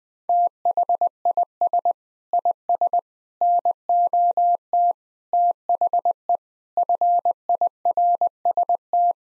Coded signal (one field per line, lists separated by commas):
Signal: Morse code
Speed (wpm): 20 wpm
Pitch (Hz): 700 Hz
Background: none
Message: THIS IS NOT THE FIRST